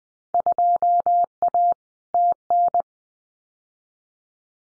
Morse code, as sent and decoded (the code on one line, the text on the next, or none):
..--- .- / - -.
2A TN